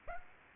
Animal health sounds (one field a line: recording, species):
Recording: mosquito wingbeat signal from an infrared sensor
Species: Aedes aegypti